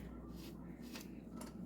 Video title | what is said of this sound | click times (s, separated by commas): How to break down and clean your RockIsland RIA VR80 | You hear that? Clicking. | 1.4 s